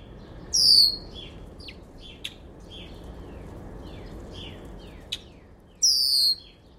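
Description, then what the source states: Red-winged Blackbird giving high, thin, downslurred whistles, one near the start and another near the end, with soft chips and slurred notes between over steady background hiss. Recorded at Carden Alvar in August 2026.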